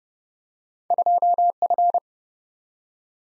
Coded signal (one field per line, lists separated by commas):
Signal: Morse code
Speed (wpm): 30 wpm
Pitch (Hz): 700 Hz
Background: none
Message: 2F